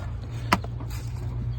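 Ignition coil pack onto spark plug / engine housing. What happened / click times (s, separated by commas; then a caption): The part clicked into its housing / 0.5 s. A replacement ignition coil pack on the engine of a 2014 Chevrolet Silverado 5.3 is lined up with its housing location and pushed down onto the spark plug. A sharp click sounds at 0.5 s over a steady low hum, followed by two fainter ticks. The coil pack is seated in place.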